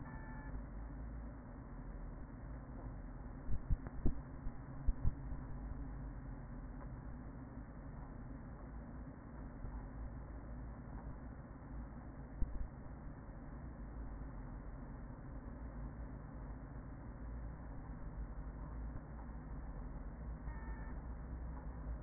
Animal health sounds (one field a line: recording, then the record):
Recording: honeybee colony, microphone inside the hive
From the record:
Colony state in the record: queen present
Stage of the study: after two queens were removed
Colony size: about 40,000 bees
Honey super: no